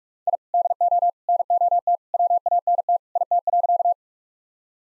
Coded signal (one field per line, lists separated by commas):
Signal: Morse code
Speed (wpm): 46 wpm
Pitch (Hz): 700 Hz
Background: none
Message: I DO NOT WANT IT.